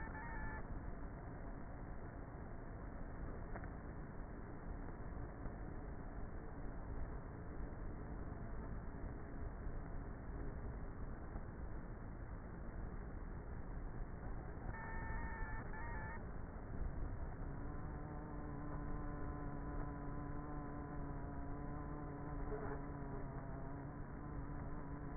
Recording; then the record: honeybee colony, microphone inside the hive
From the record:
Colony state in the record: queenless with a low population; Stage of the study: before two queens were removed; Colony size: about 30,000 bees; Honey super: no